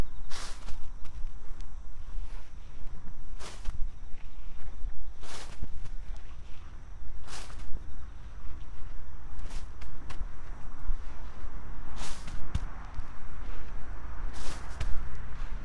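Garlic cloves are set into holes and covered with soil, heard as a series of short, crisp scraping and rustling bursts about every one to two seconds. Beneath them runs a steady low rumble of traffic, with a faint, thin high insect tone throughout.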